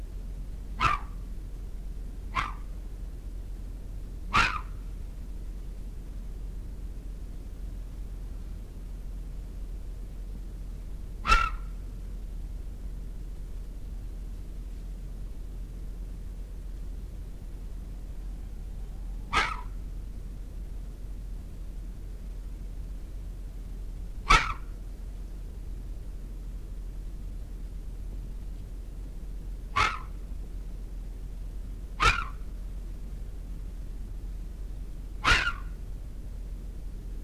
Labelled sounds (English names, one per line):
Corsac Fox barking